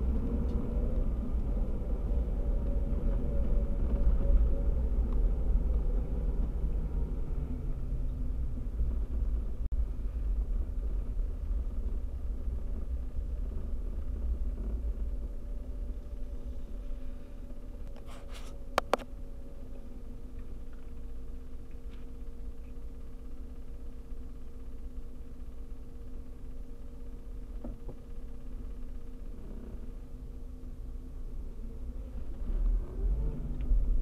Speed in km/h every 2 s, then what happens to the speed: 29, 29, 27, 24, 18, 13, 11, 8, 0, 0, 0, 0, 1, 1, 0, 3, 8.
0-15 slows to 0. 15-29 standing. 29-34 pulls away to 8.